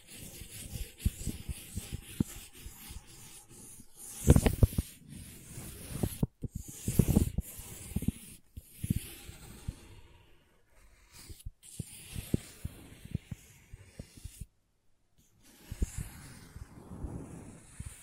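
Crayons scrape, tap and carve in an uneven run of dry, gritty strokes and clicks, most of the sound low with a hissy edge. A louder burst of scratching comes around four to seven seconds, and brief silences break the activity near eleven and fifteen seconds.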